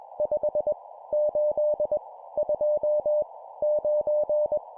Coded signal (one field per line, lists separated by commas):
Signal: Morse code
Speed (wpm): 20 wpm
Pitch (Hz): 600 Hz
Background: none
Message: 5 8 2 9